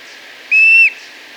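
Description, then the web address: Streak-throated bush-tyrant call: a single clear, steady whistle held for under half a second, with a faint hiss in the background. Ecuador. "Birds of Ecuador 3. Streak-Throated Bush-Tyrant"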